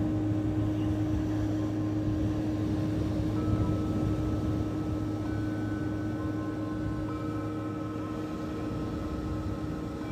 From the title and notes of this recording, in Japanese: メキシコから シンギングボウルのサウンドヒーリング。メキシコ時間８／25(木)の夜 ビーチでのサウンドヒーリングのライブ収録です。波音とシンギングボウルの音。